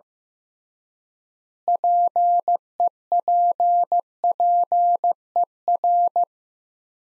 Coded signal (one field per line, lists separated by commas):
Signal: Morse code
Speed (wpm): 15 wpm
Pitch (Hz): 700 Hz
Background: none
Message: PEPPER